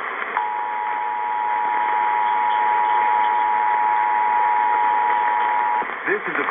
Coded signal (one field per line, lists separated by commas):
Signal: Emergency Alert System (SAME) tones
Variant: 853 and 960 Hz attention tone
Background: speech